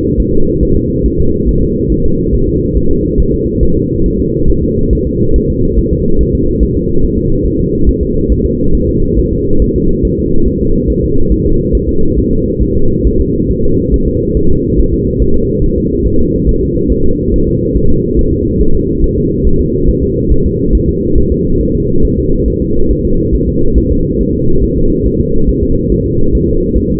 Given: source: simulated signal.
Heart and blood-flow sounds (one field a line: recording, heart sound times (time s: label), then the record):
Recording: fetal heart sounds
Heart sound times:
0.20 s: S1
0.34 s: S2
0.63 s: S1
0.77 s: S2
1.06 s: S1
1.20 s: S2
1.49 s: S1
1.63 s: S2
1.92 s: S1
2.06 s: S2
2.35 s: S1
2.49 s: S2
2.77 s: S1
2.91 s: S2
3.20 s: S1
3.34 s: S2
3.63 s: S1
3.77 s: S2
4.06 s: S1
4.20 s: S2
4.50 s: S1
4.64 s: S2
4.93 s: S1
5.07 s: S2
5.36 s: S1
5.50 s: S2
5.79 s: S1
5.93 s: S2
6.21 s: S1
6.35 s: S2
6.63 s: S1
6.77 s: S2
7.04 s: S1
7.19 s: S2
7.47 s: S1
7.60 s: S2
7.89 s: S1
8.03 s: S2
8.32 s: S1
8.46 s: S2
8.75 s: S1
8.89 s: S2
9.19 s: S1
9.33 s: S2
9.62 s: S1
9.76 s: S2
10.05 s: S1
10.19 s: S2
10.48 s: S1
10.62 s: S2
10.90 s: S1
11.04 s: S2
11.32 s: S1
11.46 s: S2
11.75 s: S1
11.89 s: S2
12.19 s: S1
12.33 s: S2
12.62 s: S1
12.77 s: S2
13.07 s: S1
13.21 s: S2
13.51 s: S1
13.65 s: S2
13.94 s: S1
14.08 s: S2
14.37 s: S1
14.51 s: S2
14.80 s: S1
14.94 s: S2
15.22 s: S1
15.36 s: S2
15.64 s: S1
15.78 s: S2
16.07 s: S1
16.21 s: S2
16.49 s: S1
16.63 s: S2
16.92 s: S1
17.06 s: S2
17.34 s: S1
17.48 s: S2
17.77 s: S1
17.91 s: S2
18.19 s: S1
18.33 s: S2
18.61 s: S1
18.75 s: S2
19.04 s: S1
19.18 s: S2
19.47 s: S1
19.61 s: S2
19.90 s: S1
20.03 s: S2
20.32 s: S1
20.46 s: S2
20.75 s: S1
20.89 s: S2
21.18 s: S1
21.32 s: S2
21.61 s: S1
21.75 s: S2
22.05 s: S1
22.19 s: S2
22.48 s: S1
22.62 s: S2
22.91 s: S1
23.05 s: S2
23.35 s: S1
23.49 s: S2
23.78 s: S1
23.92 s: S2
24.21 s: S1
24.35 s: S2
24.64 s: S1
24.78 s: S2
25.06 s: S1
25.21 s: S2
25.49 s: S1
25.63 s: S2
25.92 s: S1
26.06 s: S2
26.35 s: S1
26.49 s: S2
26.78 s: S1
26.91 s: S2
From the record:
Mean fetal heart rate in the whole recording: 140 bpm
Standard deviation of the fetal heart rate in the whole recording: 2 bpm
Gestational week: 34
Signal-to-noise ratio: -17.7 dB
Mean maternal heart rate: 72 bpm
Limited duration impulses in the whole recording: present